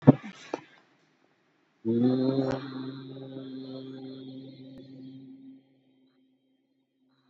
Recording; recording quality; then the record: sustained vowel as in boot; excellent, no background noise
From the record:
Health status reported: COVID-19 positive, mild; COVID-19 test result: positive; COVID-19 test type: RT-PCR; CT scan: taken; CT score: 5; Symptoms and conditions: cough, cold, muscle pain, ischaemic heart disease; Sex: male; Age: 76 years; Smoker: no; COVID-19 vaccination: both doses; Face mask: not worn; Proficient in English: yes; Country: India